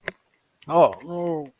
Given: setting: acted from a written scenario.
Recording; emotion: vocal sound without words; negative surprise